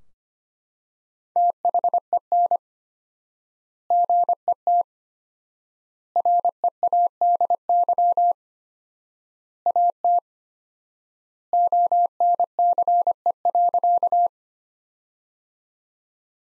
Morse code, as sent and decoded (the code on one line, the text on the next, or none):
- .... . -. / --. . - / .-. . .- -.. -.-- / .- - / --- -. -.-. . .-.-.-
THEN GET READY AT ONCE.